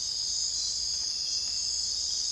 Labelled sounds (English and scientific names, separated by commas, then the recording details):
none
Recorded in dense forest near Puerto Asís, Putumayo, Colombia, on 21 December 2024 at 04:30
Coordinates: 0.485, -76.318
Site GP03